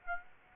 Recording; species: mosquito wingbeat signal from an infrared sensor; Aedes aegypti